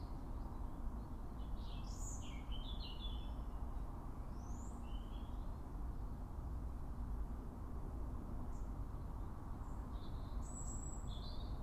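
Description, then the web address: European robin delivers high, jumbled whistles and twittering phrases separated by pauses, with a continuous deep rumbling noise underneath. "pub SETE data Erithacus rubecula"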